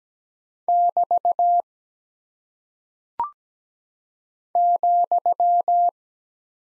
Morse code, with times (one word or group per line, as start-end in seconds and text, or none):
0.7-1.6 <BT>
4.6-5.9 ,